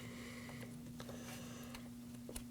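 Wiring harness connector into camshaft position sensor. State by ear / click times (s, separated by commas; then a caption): not seated / none. A wiring harness connector is being handled and slid up toward the new exhaust camshaft position sensor on a 2018-2024 Chevrolet Equinox 1.5L L4. Over a steady low hum, a few faint, brief handling taps occur near 1.0, 1.8 and 2.4 seconds. The connector has not yet clicked or seated.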